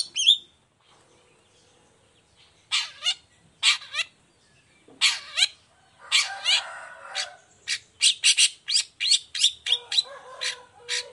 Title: Cendet Gacor Dor Di Kala Pagi Toet Toet Variasi Suara. Cendet Gacor Suara Jernih Full Variasi